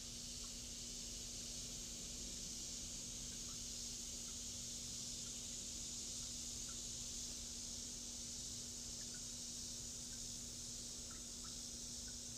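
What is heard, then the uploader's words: Cicadas keep up a steady, dense hiss that never changes, over a constant low hum and a few faint chirps scattered throughout. Cicadas.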